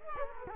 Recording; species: mosquito wingbeat signal from an infrared sensor; Culex quinquefasciatus